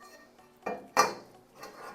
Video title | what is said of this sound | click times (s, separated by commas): Envi Switch Setup & Install | and you'll feel it click right in | 0.7 s